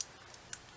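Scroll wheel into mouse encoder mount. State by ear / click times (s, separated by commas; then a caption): seated / 0.5 s. The plastic scroll wheel of a wireless mouse, with a small piece of paper packed into its encoder, is slid through its hole and pressed into its encoder mount. After a couple of faint ticks, a sharp, bright click sounds at 0.5 s as the wheel seats into place.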